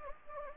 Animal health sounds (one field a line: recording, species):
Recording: mosquito wingbeat signal from an infrared sensor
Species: Anopheles gambiae